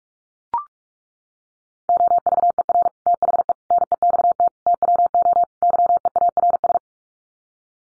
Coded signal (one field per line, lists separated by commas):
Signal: Morse code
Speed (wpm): 44 wpm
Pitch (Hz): 700 Hz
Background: none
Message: OVER THE NEXT TWO YEARS